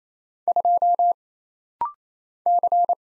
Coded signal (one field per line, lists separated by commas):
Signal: Morse code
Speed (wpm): 27 wpm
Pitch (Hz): 700 Hz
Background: none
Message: 2 C